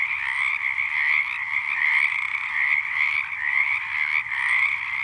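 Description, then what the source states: Frogs calling together in a thick, unbroken chorus of rapid trilled croaks that rise and fall slightly in loudness. Frogs at Ledson.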